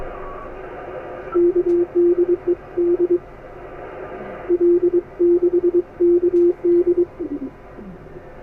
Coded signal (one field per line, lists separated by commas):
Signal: Morse code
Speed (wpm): 22 wpm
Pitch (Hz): 350 Hz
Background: radio noise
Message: KDE D L 6 KD